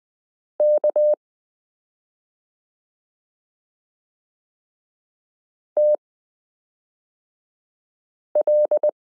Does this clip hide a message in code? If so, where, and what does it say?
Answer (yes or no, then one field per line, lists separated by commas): yes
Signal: Morse code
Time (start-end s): 0.6-8.9 s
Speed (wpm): 20 wpm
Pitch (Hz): 600 Hz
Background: none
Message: K TL